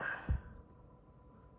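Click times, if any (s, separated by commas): none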